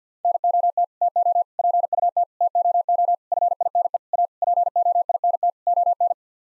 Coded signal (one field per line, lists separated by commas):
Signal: Morse code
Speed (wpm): 50 wpm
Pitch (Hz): 700 Hz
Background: none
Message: NOT TO PUT TOO FINE A POINT ON